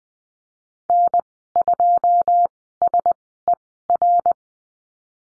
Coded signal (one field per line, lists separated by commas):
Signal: Morse code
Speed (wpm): 20 wpm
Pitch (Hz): 700 Hz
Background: none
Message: N2SER